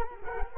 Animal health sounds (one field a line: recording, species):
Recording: mosquito wingbeat signal from an infrared sensor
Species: Culex quinquefasciatus